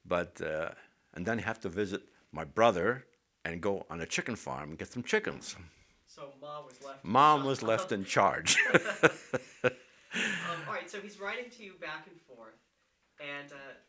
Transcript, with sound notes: But, uh, and then he had to visit my brother and go on a chicken farm and get some chickens.
So Mom was left...
Mom was left in charge. ( he laughs )
All right. So he's writing to you back and forth, and